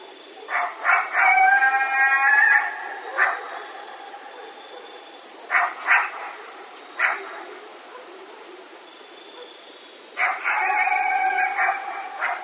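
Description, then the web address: Coyotes giving long harmonic wavering howls broken by sharp barks, a second drawn-out howl near the end, over a constant background hiss. Several coyotes recorded at night on 16 October 2010. "Coyote 2010 10 16 Coyotes. night-sounds-pt-5-coyotes"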